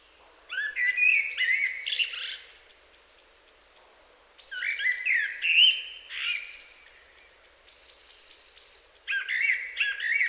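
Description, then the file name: Common blackbird singing three separate phrases, each a low mellow warble rising into scratchy high-pitched twittering, with short pauses between them. "Turdus merula"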